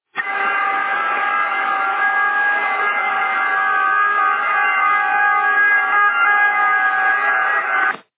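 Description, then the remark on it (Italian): Emergency vehicle sirens blare in a loud, continuous, multi-toned wail for about eight seconds as the vehicles pass over a bridge, holding a fairly steady pitch with no voices over them. “Sento le sirene, Adria, quando parlo.”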